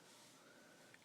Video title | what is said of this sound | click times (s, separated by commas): Complete M1 Carbine Trigger Housing Disassembly / Reassembley | right in there there see how clicked in you can see where the where it is now | 0.9 s